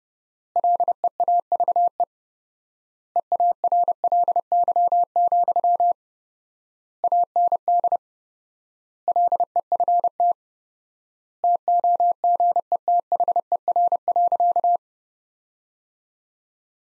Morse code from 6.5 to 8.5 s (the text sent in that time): AND